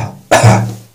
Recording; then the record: coughing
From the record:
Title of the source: Cough Around the Clock!